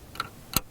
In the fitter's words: You simply take it, press till you hear it snap, and we're done.